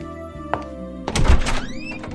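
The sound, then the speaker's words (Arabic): A man knocks at a door, asking his wife to open it: a single light knock, then a heavier, louder burst of thumping and rattling that trails off with a faint high squeak over a low steady hum. “افتحي لي الباب رجاء.”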